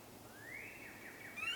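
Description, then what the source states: Northern cardinal whistle: one slurred note rising and then holding steady, with a louder note starting at the very end. Recorded at Falls Lake.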